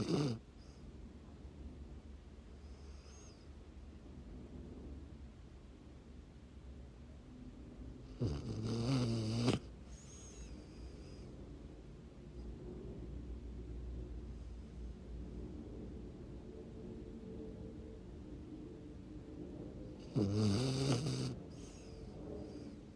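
Afternoon snoring during sleep, recorded in Pittsburgh, Pennsylvania, USA: two loud, low-pitched rattling snores about 12 seconds apart, each lasting roughly a second, over a quiet room hum. The rhythm fits slow breathing during sleep, with snoring on each loud breath.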